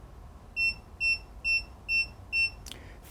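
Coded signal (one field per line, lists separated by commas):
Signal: none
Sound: sous vide cooker's done beeps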